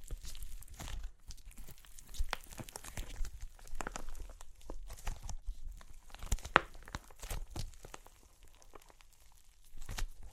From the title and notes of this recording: Super Crunchy Clay Cracking (No Talking).